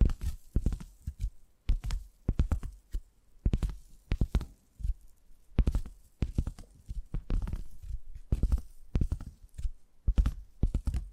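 Tapping sounds come in quick clusters of sharp knocks, each burst a few rapid taps followed by a short pause. The rhythm is irregular but steady throughout, with crisp bright clicks over a soft low thump and a quiet background between bursts.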